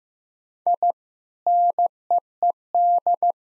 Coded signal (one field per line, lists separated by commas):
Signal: Morse code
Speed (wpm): 15 wpm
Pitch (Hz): 700 Hz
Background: none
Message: I NEED